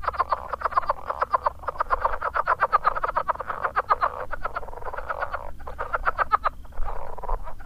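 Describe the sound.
Southern leopard frog giving fast, clucking pulse trains in a long rattling run, pausing briefly, then resuming.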